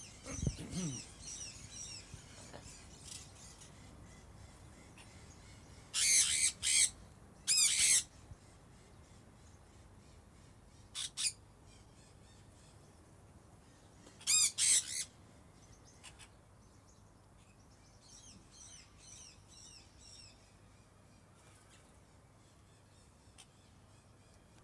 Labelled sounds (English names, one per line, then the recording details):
Sun Parakeet call
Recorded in captivity
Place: Tiergarten Wilhelma/Stuttgart, Baden-Württemberg, DE
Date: 2005-03-14 15:07
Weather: heiter, 5-8°C
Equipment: Sony WM-D6C, Sony ECM-MS 907, Kopie Uher 4000 Report Monitor
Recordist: Tembrock, Günter